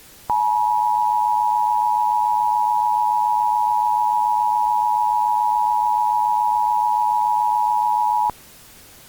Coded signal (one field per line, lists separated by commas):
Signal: Emergency Alert System (SAME) tones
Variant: 853 and 960 Hz attention tone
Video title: Nebraska EAS Test Recreation